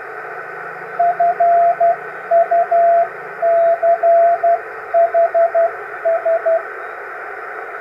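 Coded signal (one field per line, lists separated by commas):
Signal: Morse code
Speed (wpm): 12 wpm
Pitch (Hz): 690 Hz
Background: radio noise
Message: FUCHS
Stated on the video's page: Max Valier satellite beacon on 145.960 MHz received in Thailand on two half-wave folded dipoles at 12 m height.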